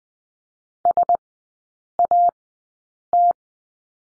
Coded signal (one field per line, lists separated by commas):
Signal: Morse code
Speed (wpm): 20 wpm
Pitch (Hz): 700 Hz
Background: none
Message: SAT